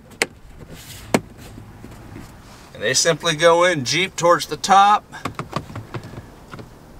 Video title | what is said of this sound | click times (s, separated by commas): Dash Removal Tutorial on a 2017 Jeep Wrangler | all right put the lower kick panel on underneath the steering wheel and it just snaps back in place | 0.2 s